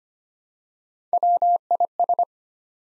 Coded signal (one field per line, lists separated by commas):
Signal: Morse code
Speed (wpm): 25 wpm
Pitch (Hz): 700 Hz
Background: none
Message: WIS